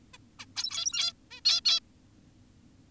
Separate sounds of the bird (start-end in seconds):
0.14-0.17, 0.40-0.46, 0.56-1.13, 1.31-1.41, 1.46-1.61, 1.66-1.80